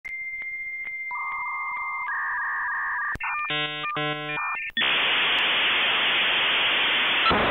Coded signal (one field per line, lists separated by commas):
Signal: dial-up modem handshake